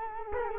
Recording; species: mosquito wingbeat signal from an infrared sensor; Culex quinquefasciatus